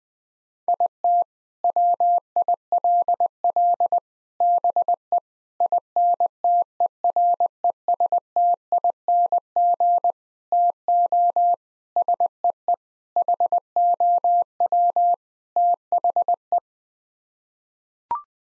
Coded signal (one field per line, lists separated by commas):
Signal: Morse code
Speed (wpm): 20 wpm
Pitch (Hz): 700 Hz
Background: none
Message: IT WILL BE INTERESTING TO SEE HOW THE